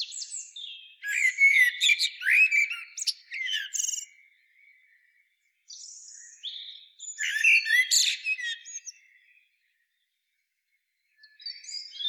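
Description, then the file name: Common blackbird song: two long phrases of warbles and high twitter separated by a short pause, then silence before a last brief phrase begins. "Turdus merula"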